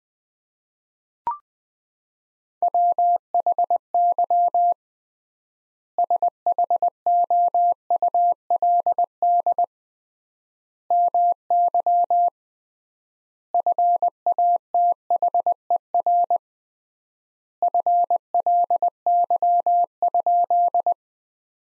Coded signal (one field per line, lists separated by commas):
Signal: Morse code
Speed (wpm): 20 wpm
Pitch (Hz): 700 Hz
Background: none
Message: WHY SHOULD MY FATHER FLY?